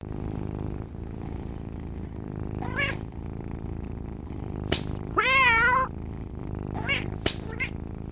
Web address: Cat